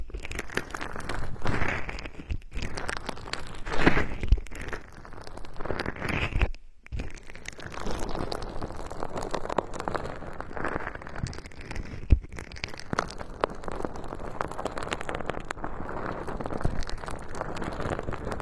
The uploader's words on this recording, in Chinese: 有没有一种跳跳糖在耳朵里爆炸的感觉？